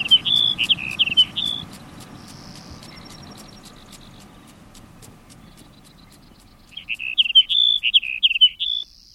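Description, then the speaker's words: Sage Sparrow song: two short jingling phrases of high chips and buzzes separated by a pause of several seconds, with faint high notes and low background noise between them. Male's plaintive song. "Its plaintive song seems to convey a sense of its precarious future in the Northwest."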